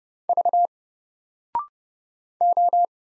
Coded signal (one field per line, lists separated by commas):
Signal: Morse code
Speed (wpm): 30 wpm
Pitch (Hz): 700 Hz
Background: none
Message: V O